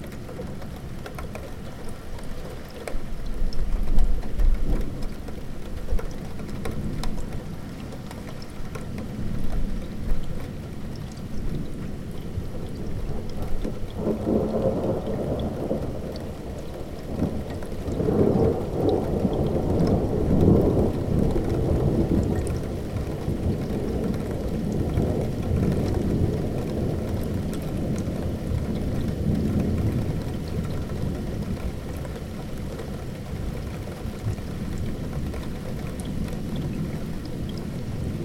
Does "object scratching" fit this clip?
no